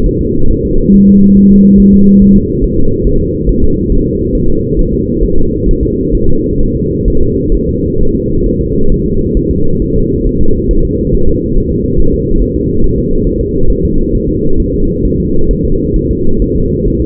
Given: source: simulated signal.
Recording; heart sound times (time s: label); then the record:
fetal heart sounds
0.06 s: S1
0.21 s: S2
0.51 s: S1
0.65 s: S2
0.94 s: S1
1.09 s: S2
1.37 s: S1
1.52 s: S2
1.80 s: S1
1.94 s: S2
2.22 s: S1
2.37 s: S2
2.64 s: S1
2.79 s: S2
3.07 s: S1
3.21 s: S2
3.49 s: S1
3.64 s: S2
3.92 s: S1
4.06 s: S2
4.35 s: S1
4.50 s: S2
4.79 s: S1
4.93 s: S2
5.23 s: S1
5.38 s: S2
5.69 s: S1
5.83 s: S2
6.15 s: S1
6.29 s: S2
6.61 s: S1
6.75 s: S2
7.08 s: S1
7.22 s: S2
7.54 s: S1
7.69 s: S2
8.01 s: S1
8.15 s: S2
8.46 s: S1
8.61 s: S2
8.92 s: S1
9.06 s: S2
9.37 s: S1
9.51 s: S2
9.82 s: S1
9.96 s: S2
10.27 s: S1
10.41 s: S2
10.71 s: S1
10.85 s: S2
11.15 s: S1
11.29 s: S2
11.57 s: S1
11.72 s: S2
12.00 s: S1
12.14 s: S2
12.42 s: S1
12.56 s: S2
12.84 s: S1
12.98 s: S2
13.27 s: S1
13.41 s: S2
13.70 s: S1
13.85 s: S2
14.15 s: S1
14.29 s: S2
14.60 s: S1
14.74 s: S2
15.05 s: S1
15.20 s: S2
15.51 s: S1
15.65 s: S2
15.96 s: S1
16.11 s: S2
16.42 s: S1
16.56 s: S2
16.88 s: S1
17.02 s: S2
From the record:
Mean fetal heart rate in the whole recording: 135 bpm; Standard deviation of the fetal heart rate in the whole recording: 3 bpm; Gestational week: 36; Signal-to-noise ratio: -19.1 dB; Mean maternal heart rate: 72 bpm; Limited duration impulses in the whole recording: present